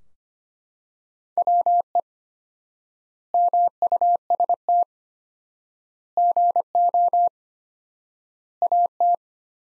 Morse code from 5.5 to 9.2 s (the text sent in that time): GO AT